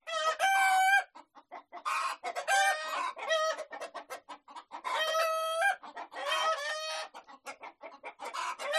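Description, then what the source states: Chickens cackling: loud harmonic squawks around one second long alternate with quick clucks, several hens calling in bursts throughout. Hens cackling in a henhouse.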